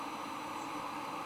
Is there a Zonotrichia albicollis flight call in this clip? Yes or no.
no